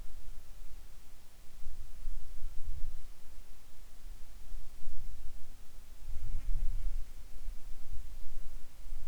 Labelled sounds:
wind
insects
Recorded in the Arctic National Wildlife Refuge, Alaska, on 7 July 2019 at 18:33
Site 41

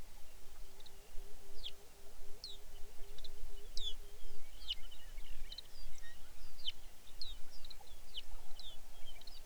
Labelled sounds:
songbird
shorebird
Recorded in the Arctic National Wildlife Refuge, Alaska, on 23 May 2019 at 05:42
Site 49

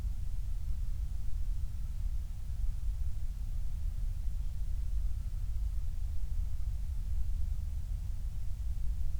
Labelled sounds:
near silence
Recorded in the Prudhoe Bay oil fields, Alaska, on 28 July 2019 at 05:37
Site 25

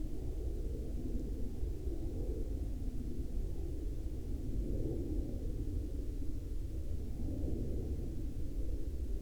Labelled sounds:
aircraft
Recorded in the Arctic National Wildlife Refuge, Alaska, on 18 May 2021 at 18:28
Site 39

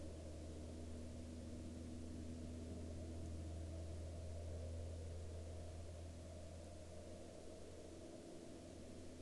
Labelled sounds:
man-made sound
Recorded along the Dalton Highway, Alaska, on 18 March 2019 at 19:34
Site 06

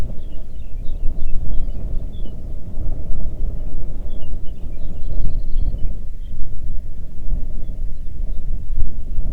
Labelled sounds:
songbird
wind
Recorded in the Arctic National Wildlife Refuge, Alaska, on 3 June 2019 at 04:34
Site 37

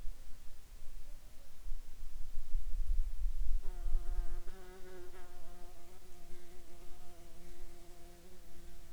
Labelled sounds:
insects
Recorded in the Arctic National Wildlife Refuge, Alaska, on 22 July 2019 at 12:59
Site 44

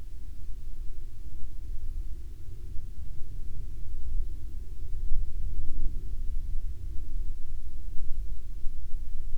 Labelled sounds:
near silence
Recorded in the Arctic National Wildlife Refuge, Alaska, on 31 July 2019 at 15:55
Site 40

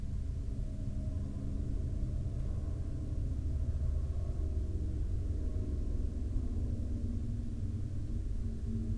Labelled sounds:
aircraft
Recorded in the Prudhoe Bay oil fields, Alaska, on 6 September 2019 at 00:30
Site 29

